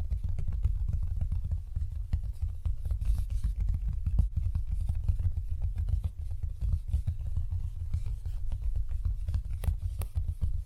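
Fast, rough nail filing runs without a break for the whole clip, with a heavy low thumping rumble under the strokes. Short sharp ticks and taps come in quick, irregular bursts throughout, a few brighter clicks standing out near the end.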